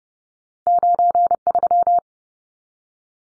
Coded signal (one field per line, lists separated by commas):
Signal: Morse code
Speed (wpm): 30 wpm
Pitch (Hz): 700 Hz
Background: none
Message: 93